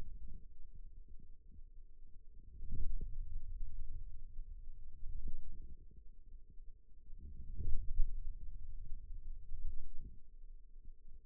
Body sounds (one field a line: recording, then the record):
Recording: forearm muscle sounds (acoustic myography)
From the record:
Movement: ulnar deviation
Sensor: system 2, bracelet of six BSWA MPA416 microphones around the upper forearm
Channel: 2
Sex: male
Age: 22 years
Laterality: right